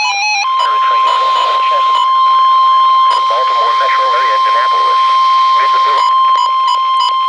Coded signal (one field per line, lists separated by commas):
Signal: Emergency Alert System (SAME) tones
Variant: 1050 Hz attention tone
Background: speech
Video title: SANDY: Triple-Header Flood Warning for 3 Areas Along the Brandywine Creek {EAS #1038-1040}